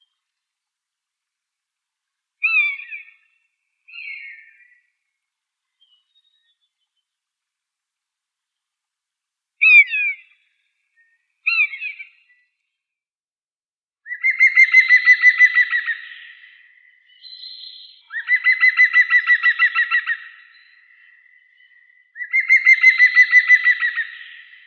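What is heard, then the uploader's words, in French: Birds sing around the school. Early on, short separate chirps come in pairs at about 2, 4, 10 and 11 seconds, then from 14 seconds longer, denser trilled phrases repeat every few seconds over near silence, with a thin whistle between them. Découvrir les oiseaux qui chantent autour du collège (à la belle saison !).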